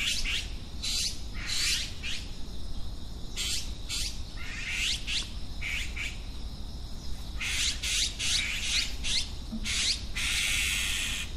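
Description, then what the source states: Azure-winged magpie calls: grating, buzzy squawks in short bursts with brief pauses, over a constant low background hum. Recorded March 2009.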